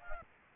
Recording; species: mosquito wingbeat signal from an infrared sensor; Aedes aegypti